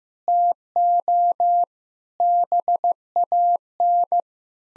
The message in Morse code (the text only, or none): TO BAN